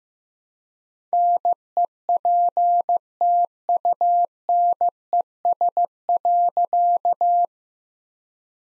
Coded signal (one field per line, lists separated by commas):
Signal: Morse code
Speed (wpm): 15 wpm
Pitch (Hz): 700 Hz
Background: none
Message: NEPTUNES.